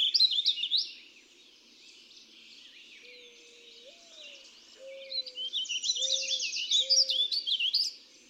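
Warbling vireo song: a brisk warble at the start, then a longer rambling warble, with low, drawn-out whistled tones in the gap and beneath the second phrase.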